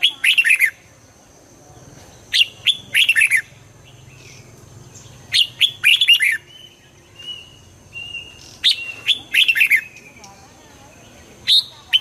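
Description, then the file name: Red-whiskered bulbul song: short bright chirping phrases with sharp high clicks, given in bursts about every three seconds; soft thin whistles between them. Hue strain red-whiskered bulbul singing in the 'giọng kép' (double voice) song style. "Tieng chao mao hue hot giong kep"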